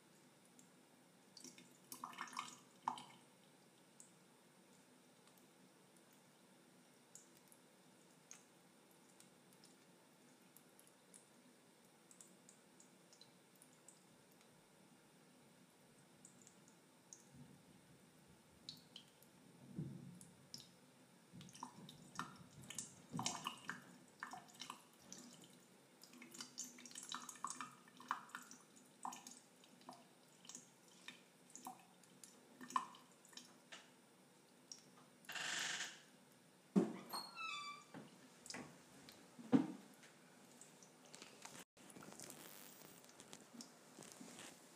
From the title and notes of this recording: ASMR Water Trickling on Plastic.